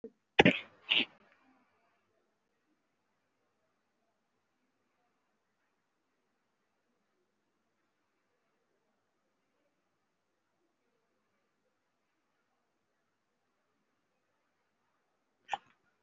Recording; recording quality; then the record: deep breathing; poor, much background noise or distortion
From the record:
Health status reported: respiratory illness, not identified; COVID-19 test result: negative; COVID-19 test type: RT-PCR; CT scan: not taken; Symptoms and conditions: breathing difficulty, chronic lung disease, hypertension, diabetes, ischaemic heart disease, another condition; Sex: male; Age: 64 years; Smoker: yes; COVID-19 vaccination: both doses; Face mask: worn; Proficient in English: yes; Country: India